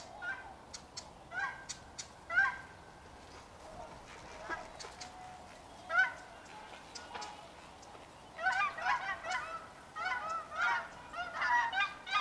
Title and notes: Ridgefield Swans. In our soundscape at Ridgefield National Wildlife Refuge, recorded January 30, 2024, we hear two species. In the foreground is the call of the Trumpeter Swan. The Trumpeter sounds like a brassy, oh-OH